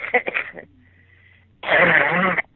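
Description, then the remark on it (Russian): A few rough, breathy coughing bursts, then a quiet pause with a faint low hum, followed by a long, loud, harsh wheezing cough that rasps for nearly a second. “Ой, какой у тебя кашель-то.”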